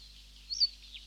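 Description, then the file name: Reed bunting: a single short, high, thin note, followed by a fainter one. "Reed Bunting (Emberiza schoeniclus)"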